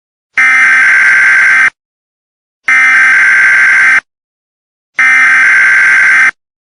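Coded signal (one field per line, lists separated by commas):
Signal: Emergency Alert System (SAME) tones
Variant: header bursts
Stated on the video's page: Fictional EAS scenario made for fun.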